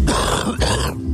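An adult's acted cough, of the kind that goes with wheezing and coughing that stop a person getting out and living a normal life.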